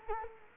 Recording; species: mosquito wingbeat signal from an infrared sensor; Culex quinquefasciatus